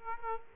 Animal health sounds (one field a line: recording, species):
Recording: mosquito wingbeat signal from an infrared sensor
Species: Aedes aegypti